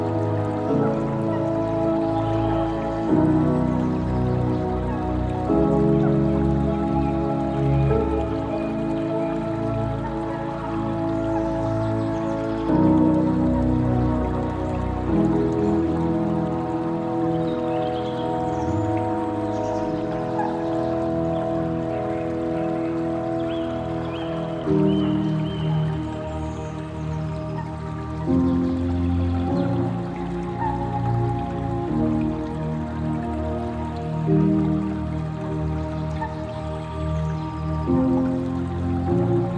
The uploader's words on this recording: Sounds of trickling water and gentle tunes. Soft, spacey instrumentals.